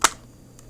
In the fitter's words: and you hear the click all right so let's move back over here